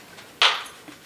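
A plastic snap on the removable interior padding of a Bell Revolver helmet is pressed into the helmet shell. There is one sharp snap at 0.4 seconds, with a bright burst centered around 2–4 kHz that fades quickly, over faint background hiss. The cheap snap seats in place.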